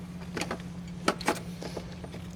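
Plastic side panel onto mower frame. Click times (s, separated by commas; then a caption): 1.1 s. A plastic side panel is fitted back onto the frame of a mower with a Kohler V-Twin engine during an oil change, giving light knocks at about 0.4 and 0.5 s over a steady low hum. A louder snap at 1.1 s marks the panel seating into place, followed by another knock at 1.3 s.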